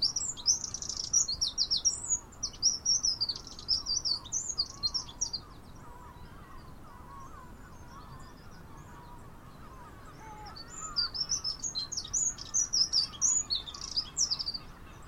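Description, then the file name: Eurasian wren song: two long bursts of rapid, high, tumbling trills and twitters, separated by a pause of several seconds. Faint lower chirps sound underneath. "Troglodytes troglodytes"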